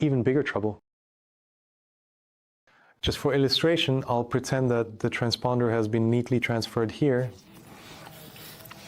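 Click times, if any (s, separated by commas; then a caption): none. Someone talks while handling a plastic Mitsubishi remote car key housing during a shell replacement, with the transponder assumed to be moved into the new housing and the two halves about to be pressed together around the internals. After the talking, faint handling noise and a couple of tiny ticks are heard near the end. Nothing has clicked or seated yet; the clip ends just before the shell snaps shut.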